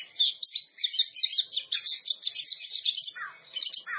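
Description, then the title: Oriental magpie-robin singing a rapid, varied stream of high chirps and trills, with two lower slurred notes near the end. Champion songbird. "Kicau Burung Kacer Juara"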